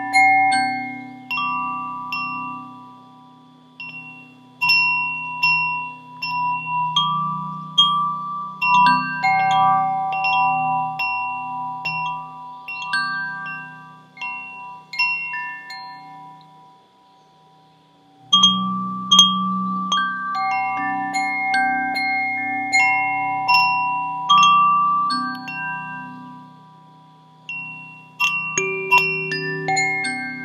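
A tuned wind chime rings with clear, overlapping bell tones that sustain and slowly fade, leaving a soft low hum beneath. Strikes come irregularly and fairly often, thin out to near silence around sixteen seconds, then return with a stronger burst and continue.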